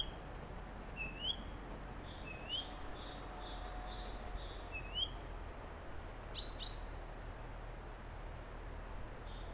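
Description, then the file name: Great tit calling with high whistled notes and lower upslurred notes, a short run of soft short notes, and a couple of sharp clicks near the end. "Parus major"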